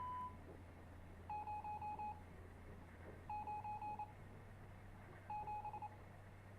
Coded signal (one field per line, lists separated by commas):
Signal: Morse code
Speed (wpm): 26 wpm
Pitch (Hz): 840 Hz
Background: none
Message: 0 9 7